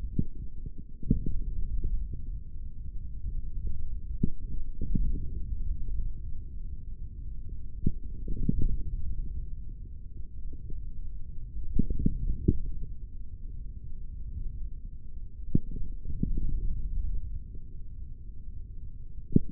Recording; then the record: forearm muscle sounds (acoustic myography)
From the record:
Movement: hand closing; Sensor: system 3, bracelet of six PUI Audio POM-2738L microphones around the upper forearm, with dedicated amplification and filtering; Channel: 6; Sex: male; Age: 23 years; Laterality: right